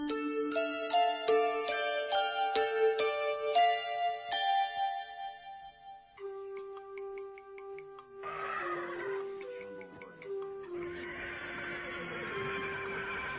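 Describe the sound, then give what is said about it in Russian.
In a radio drama of John Galsworthy's trilogy End of the Chapter, a chiming musical phrase gives way to sustained tones, then horses whinny in two loud, rough, breathy bursts over the lingering music. “Продовольствие, лошади, мулы, поклажа.”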